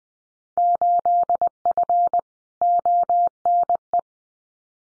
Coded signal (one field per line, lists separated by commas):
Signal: Morse code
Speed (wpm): 20 wpm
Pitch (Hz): 700 Hz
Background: none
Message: 8F ONE